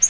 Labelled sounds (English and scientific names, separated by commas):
Yellow-rumped Warbler (Setophaga coronata) flight call